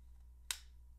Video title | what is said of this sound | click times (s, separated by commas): A First Impression Of A Crazy Unique Knife...The Spyderco Stovepipe! | i know it's just got a great great sound when it clicks in the detent on it is not too strong | 0.5 s